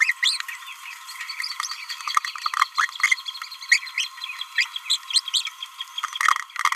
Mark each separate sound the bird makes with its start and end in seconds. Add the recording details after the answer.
0.01-0.12, 0.22-0.38, 2.77-2.88, 3.71-3.78, 3.98-4.07, 4.57-4.65, 4.90-4.96, 5.13-5.22. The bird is a female. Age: 26 days. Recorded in a nest box in Venezuela. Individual 17B31A3